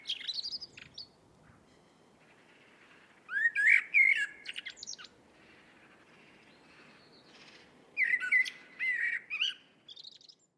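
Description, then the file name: Eurasian blackbird song: rich whistled warbling phrases with thin, squeaky high endings, delivered a few times several seconds apart over soft steady background noise. "Turdus merula"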